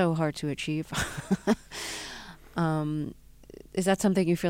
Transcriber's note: laughter